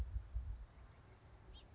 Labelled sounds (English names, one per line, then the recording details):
House Finch
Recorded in Sonoma County, California